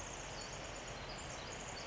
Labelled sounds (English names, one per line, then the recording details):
Pacific Wren
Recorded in Sonoma County, California